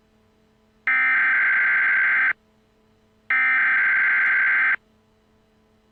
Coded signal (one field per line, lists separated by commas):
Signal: Emergency Alert System (SAME) tones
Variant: header bursts